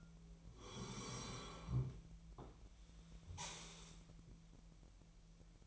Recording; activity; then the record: daily activity, microphone in the room; sit down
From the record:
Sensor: 1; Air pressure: 1001.6 hPa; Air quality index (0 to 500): 248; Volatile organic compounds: 121 ppm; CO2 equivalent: 3880 ppm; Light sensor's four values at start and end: 14/33/14/15 and 14/33/14/16